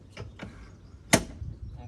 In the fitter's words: and then we lock into place okay